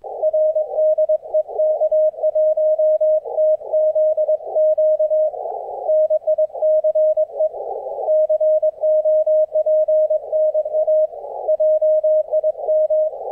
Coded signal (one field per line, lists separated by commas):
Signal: Morse code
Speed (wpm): 22 wpm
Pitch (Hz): 620 Hz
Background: none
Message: R DE K1TZQ NICE COPNA JIM